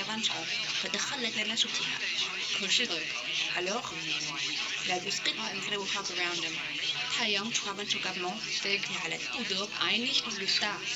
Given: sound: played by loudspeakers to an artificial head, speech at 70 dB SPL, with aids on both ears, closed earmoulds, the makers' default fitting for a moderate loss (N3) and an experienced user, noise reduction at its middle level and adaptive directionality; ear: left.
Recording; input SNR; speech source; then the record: speech test signal (ISTS) in cocktail-party noise; +6 dB; in front (0 degrees)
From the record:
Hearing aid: class 1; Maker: A